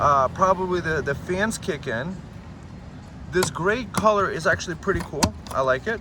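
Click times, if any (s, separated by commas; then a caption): none. A plastic cover, probably a port cover, is being handled on an iMontek x1200 portable power station while someone talks through most of the clip, with a quieter stretch in the middle. Nothing has seated or clicked yet.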